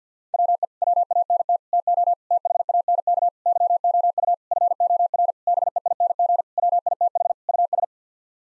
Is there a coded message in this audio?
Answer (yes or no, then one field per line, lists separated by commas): yes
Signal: Morse code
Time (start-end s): 0.3-7.8 s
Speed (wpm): 50 wpm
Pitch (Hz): 700 Hz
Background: none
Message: WE WANT TO THANK YOU FOR BEING WITH US